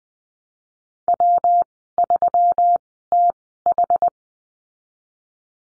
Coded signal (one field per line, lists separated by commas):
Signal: Morse code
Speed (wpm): 20 wpm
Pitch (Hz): 700 Hz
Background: none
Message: W3TH